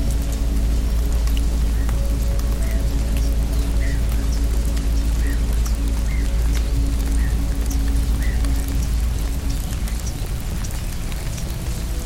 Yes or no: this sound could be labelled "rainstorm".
yes